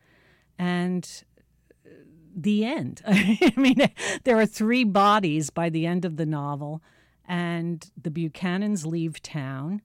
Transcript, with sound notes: and - the end (laughter).
I mean, there are three bodies by the end of the novel. And the Buchanans leave town.